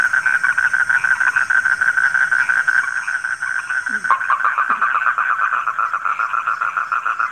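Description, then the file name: Croaking frogs in a steady pulsed chorus, briefly dipping before resuming with coarser rattling calls. Frogs calling at night. "suara kodok di malam hari"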